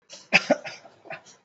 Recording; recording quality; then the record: shallow voluntary cough; moderate, slight background noise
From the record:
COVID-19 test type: RT-PCR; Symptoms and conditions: cough, cold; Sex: male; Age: 20 years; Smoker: no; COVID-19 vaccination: both doses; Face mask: worn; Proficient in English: yes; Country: India